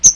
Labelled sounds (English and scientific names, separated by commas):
Chestnut-sided Warbler (Setophaga pensylvanica) flight call